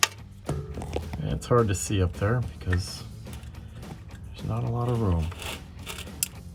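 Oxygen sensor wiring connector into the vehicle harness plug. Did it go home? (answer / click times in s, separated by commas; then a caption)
yes / 6.2 s. Someone talks while plugging an oxygen sensor's plastic wiring connector into its harness plug up under a 2011-2014 Mustang V6 fitted with a BBK catted X-pipe, working in a tight spot that is hard to see because there is not a lot of room. After a few soft handling noises, one sharp click is heard at 6.2 s as the connector seats in the plug.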